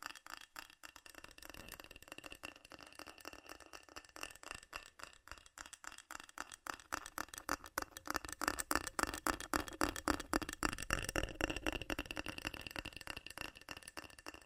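Rapid metal tapping runs without pause, sharp clicks packed closely together at a quick, slightly uneven pace. The hits ring bright and thin, growing louder and denser after the first few seconds and staying busy to the end, with a faint rattle underneath.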